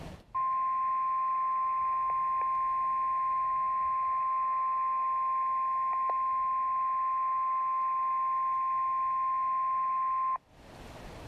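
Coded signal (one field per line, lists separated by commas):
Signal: Emergency Alert System (SAME) tones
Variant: 1050 Hz attention tone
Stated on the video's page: Severe thunderstorm warnings received on NOAA weather radio, with looping alerts during a thunderstorm.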